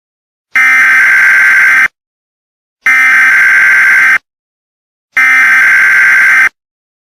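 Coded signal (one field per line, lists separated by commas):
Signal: Emergency Alert System (SAME) tones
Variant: header bursts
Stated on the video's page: Fictional EAS scenario using valid EAS tones.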